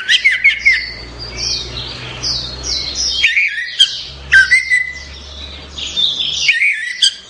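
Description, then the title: Orange-headed thrush singing a fast, varied run of sweet whistles and chattery notes, broken by a short pause near the middle, over a low steady hum. "Anis Merah"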